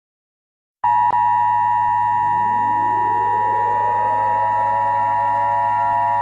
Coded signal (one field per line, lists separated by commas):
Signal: Emergency Alert System (SAME) tones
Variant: 853 and 960 Hz attention tone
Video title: EAS Scenario - Compilation